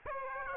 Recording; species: mosquito wingbeat signal from an infrared sensor; Aedes aegypti